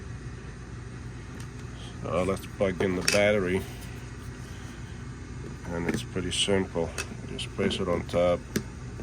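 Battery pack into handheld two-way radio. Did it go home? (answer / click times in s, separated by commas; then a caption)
no / none. A battery pack is being placed on top of the body of a Retevis RB17P handheld two-way radio, to be pushed down until it snaps in. Someone talks over a steady low background hum. Nothing has seated or clicked yet by the end of the clip.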